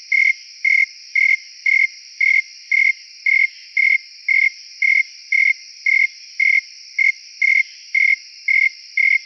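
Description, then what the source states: Snowy tree cricket chirping, short pure chirps repeated steadily about twice a second, over a continuous high, hissing trill of other insects. Recorded at Montford at 68 degrees, dated 8-28-09.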